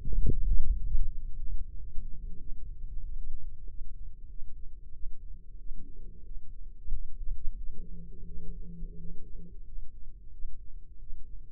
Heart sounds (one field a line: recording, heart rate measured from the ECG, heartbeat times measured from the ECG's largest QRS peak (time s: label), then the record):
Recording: heart sounds by microphone in the left ear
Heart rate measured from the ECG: 91 bpm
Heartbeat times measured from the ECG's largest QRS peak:
0.41 s: heartbeat
1.08 s: heartbeat
1.72 s: heartbeat
2.36 s: heartbeat
3.00 s: heartbeat
3.64 s: heartbeat
4.26 s: heartbeat
4.90 s: heartbeat
5.55 s: heartbeat
6.21 s: heartbeat
6.85 s: heartbeat
7.53 s: heartbeat
8.23 s: heartbeat
8.95 s: heartbeat
9.62 s: heartbeat
10.29 s: heartbeat
10.97 s: heartbeat
From the record:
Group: healthy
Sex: male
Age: 22 years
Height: 181 cm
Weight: 60 kg